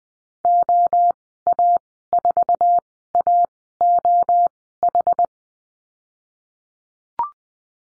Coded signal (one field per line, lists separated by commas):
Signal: Morse code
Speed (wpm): 20 wpm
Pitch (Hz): 700 Hz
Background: none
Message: OA4AOH